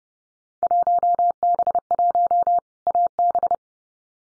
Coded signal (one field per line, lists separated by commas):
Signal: Morse code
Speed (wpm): 30 wpm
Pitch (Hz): 700 Hz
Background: none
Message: 1B1 AB